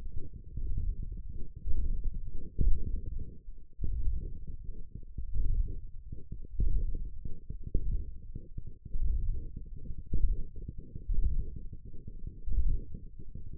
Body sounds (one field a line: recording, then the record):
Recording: forearm muscle sounds (acoustic myography)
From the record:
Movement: ulnar deviation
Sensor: system 1, eight BSWA MPA416 microphones around the upper forearm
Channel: 7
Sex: male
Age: 23 years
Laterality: right